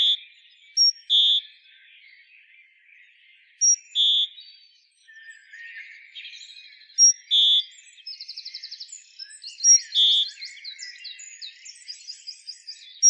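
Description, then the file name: Great tit repeating a sharp high note followed by a steady lower whistle every few seconds, with fast ticking trills and chatter in the background. "Parus major"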